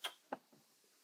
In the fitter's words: And you'll hear that click as well. And that's how you know that's nice and locked in.